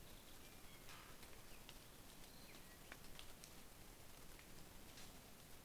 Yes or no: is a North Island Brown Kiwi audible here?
no